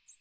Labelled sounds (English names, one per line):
American Redstart flight call